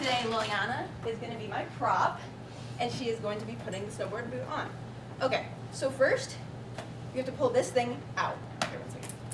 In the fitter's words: got to pull it out you'll hear it click and then you got to loosen it up by doing that